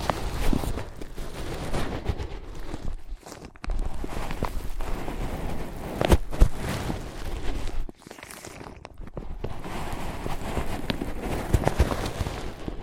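Scratching, tapping and tracing on ear pads make a dense, rustling texture with sharp taps near six and twelve seconds and brief pauses.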